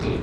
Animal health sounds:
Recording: contact call of a hoofed animal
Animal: pig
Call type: closed-mouth grunt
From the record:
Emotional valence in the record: positive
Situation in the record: food and toys in familiar pen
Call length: 0.23 s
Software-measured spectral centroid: 1660 Hz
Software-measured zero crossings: 1130 a second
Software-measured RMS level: -25 dBFS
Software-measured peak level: -13 dBFS

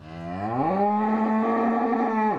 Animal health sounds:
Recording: contact call of a hoofed animal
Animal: cattle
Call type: low-frequency (closed-mouth) or high-frequency (open-mouth) call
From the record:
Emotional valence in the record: negative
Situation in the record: full separation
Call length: 2.4 s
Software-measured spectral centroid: 930 Hz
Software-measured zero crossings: 1210 a second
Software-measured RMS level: -24 dBFS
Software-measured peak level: -11 dBFS

